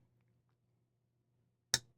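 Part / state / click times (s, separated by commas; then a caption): knife blade into handle detent / seated / 1.7 s. A steel blade of a Mr.Mr.Designs Æon folding knife in CPM-S90V, with milled titanium scales and clip, is closed into its handle. After a faint low hum, there is a single sharp, bright click at 1.7 seconds as the blade snaps into the ball detent and seats.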